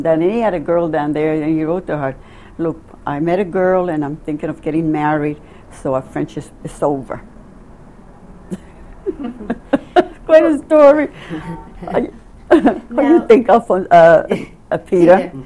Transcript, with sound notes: And he had a girl down there, and then he wrote to her, look I met a girl and I'm thinking of getting married, so our friendship is over.. (laughing) Quite a story. Would you think awful of Peter?